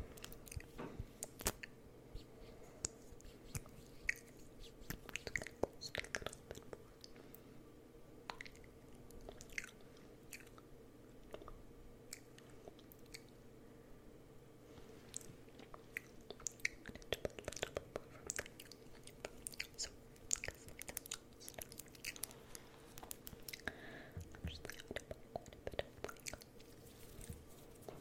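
Dry nibbling and soft biting clicks run steadily through the whole stretch, dense and irregular, with small crunchy bursts around the middle and near the end. A low, steady hum sits underneath.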